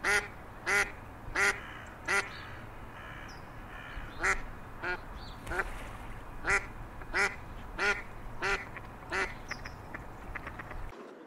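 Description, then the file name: Mallard quacking repeatedly, clear nasal quacks in short runs with brief gaps, around eleven calls in all. "mallard duck sound"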